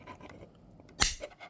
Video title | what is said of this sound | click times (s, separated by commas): How to use the Kickstand and 360 Degree Rotation on your Otterbox Defender (Or Defender Pro) Case | and then you hear your click and then it snaps into place and now it's stuck in open position. | 1.0 s